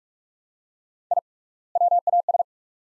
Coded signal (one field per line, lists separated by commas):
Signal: Morse code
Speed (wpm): 47 wpm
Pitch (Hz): 700 Hz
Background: none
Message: I WAS